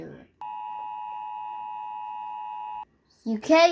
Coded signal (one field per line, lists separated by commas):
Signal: Emergency Alert System (SAME) tones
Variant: 853 and 960 Hz attention tone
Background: speech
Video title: Ranking EAS Alarms From Different Countries (Teir List)